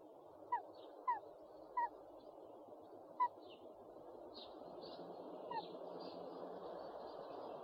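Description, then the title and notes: Owl giving four brief clear downslurred notes within three seconds, then a fainter fifth, against a hissing background. One of 69 call variants from 11 owl species. "69 variant hlasů - 11 druhů sov"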